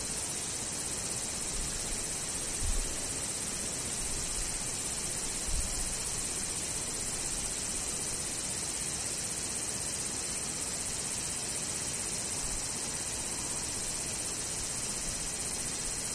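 Insects fill the air with a steady, dense chirring that stays even from start to finish, brightest and thickest in the high range. No rhythm or pause breaks the wash of sound. Two brief low thumps stand out, near the third and sixth seconds.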